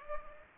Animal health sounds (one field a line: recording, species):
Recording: mosquito wingbeat signal from an infrared sensor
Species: Culex pipiens